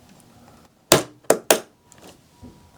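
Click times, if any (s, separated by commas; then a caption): 0.9 s, 1.5 s. A second DDR5 memory module is pushed down into its DIMM slot on a motherboard. Two loud, sharp clicks ring out at 0.9 s and 1.5 s, with a smaller snap at 1.3 s between them and faint handling noise after. The module is seated.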